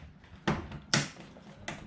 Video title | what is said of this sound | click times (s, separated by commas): Lets build! The Struggle Bus! | and click into place | 0.9 s